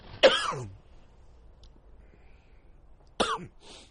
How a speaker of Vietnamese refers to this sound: Xin lỗi các diễm biết sáng này sao mà tự nhiên nó ho vậy đây.